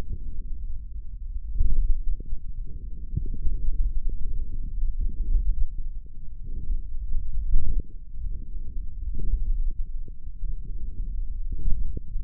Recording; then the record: forearm muscle sounds (acoustic myography)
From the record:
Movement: hook grip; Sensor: system 1, eight BSWA MPA416 microphones around the upper forearm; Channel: 5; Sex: male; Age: 18 years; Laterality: right